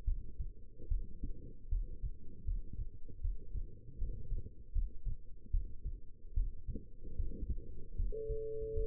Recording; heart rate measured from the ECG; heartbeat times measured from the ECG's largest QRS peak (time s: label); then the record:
heart sounds by stethoscope; 76 bpm
0.05 s: heartbeat
0.88 s: heartbeat
1.69 s: heartbeat
2.44 s: heartbeat
3.21 s: heartbeat
3.98 s: heartbeat
4.72 s: heartbeat
5.51 s: heartbeat
6.34 s: heartbeat
7.16 s: heartbeat
7.95 s: heartbeat
8.73 s: heartbeat
From the record:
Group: healthy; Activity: rest 0-8 s, breath hold 8-9 s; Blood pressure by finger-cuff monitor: 119/69 mmHg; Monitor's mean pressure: 82 mmHg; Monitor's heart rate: 74 bpm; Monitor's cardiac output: 6.7 L/min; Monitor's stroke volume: 87 mL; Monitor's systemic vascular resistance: 880 dyn s/cm5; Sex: female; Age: 22 years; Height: 171 cm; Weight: 65.6 kg